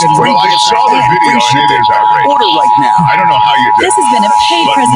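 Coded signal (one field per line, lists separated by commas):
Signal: Emergency Alert System (SAME) tones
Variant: 853 and 960 Hz attention tone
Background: speech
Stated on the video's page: Los Angeles County Required Monthly Test relayed on KLOS, KFI, KNX, KBIG and KABC AM.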